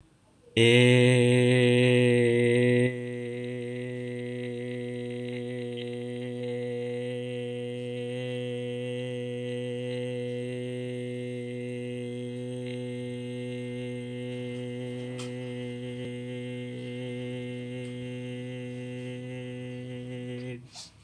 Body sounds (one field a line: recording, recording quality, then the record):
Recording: sustained vowel as in made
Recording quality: excellent, no background noise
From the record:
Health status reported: healthy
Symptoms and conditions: none ticked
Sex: male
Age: 18 years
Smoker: not ticked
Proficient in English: yes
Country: India